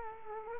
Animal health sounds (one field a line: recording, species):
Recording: mosquito wingbeat signal from an infrared sensor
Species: Culex quinquefasciatus